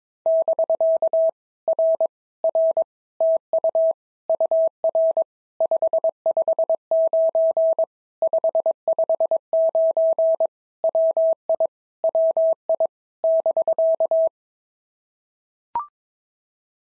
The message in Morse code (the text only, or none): <BK> R R TU UR 559 559 WI WI <BK>